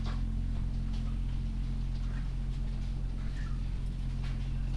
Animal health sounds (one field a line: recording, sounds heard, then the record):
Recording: poultry house recording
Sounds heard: sick chickens (respiratory disease)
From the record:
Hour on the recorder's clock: 0